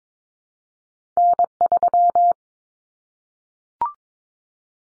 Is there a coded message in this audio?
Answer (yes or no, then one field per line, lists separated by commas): yes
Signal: Morse code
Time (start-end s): 1.2-2.3 s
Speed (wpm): 22 wpm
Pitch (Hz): 700 Hz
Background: none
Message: N3